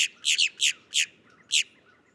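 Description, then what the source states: Boat-tailed Grackle calls: several short, harsh chattering notes, two of them close together. Found in tidal zones along the Gulf and Atlantic coasts of the U.S.; pickier about habitat.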